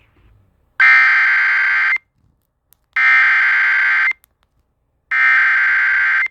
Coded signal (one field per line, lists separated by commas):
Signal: Emergency Alert System (SAME) tones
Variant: header bursts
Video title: Eas special marine warning in Hawaii Eas#404